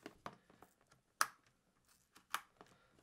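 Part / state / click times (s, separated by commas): memory module into motherboard DIMM slot / seated / 1.2 s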